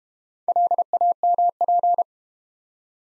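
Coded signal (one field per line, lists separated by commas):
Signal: Morse code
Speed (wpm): 32 wpm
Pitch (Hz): 700 Hz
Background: none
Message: LAMP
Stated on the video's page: Morse practice set of easy words at 25 wpm with contextual hints.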